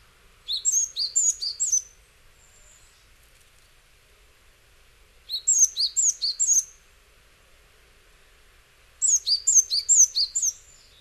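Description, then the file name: Japanese tit giving high, sharp chirping notes in quick bursts of five to seven, the bursts repeated every few seconds with quiet between. Recorded in Hyogo, Japan. "sijuukara 10 1006 hyogo kaji"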